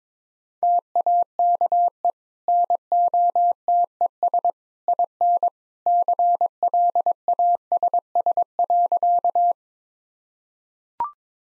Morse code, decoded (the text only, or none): TAKE NOTES IN CLASS.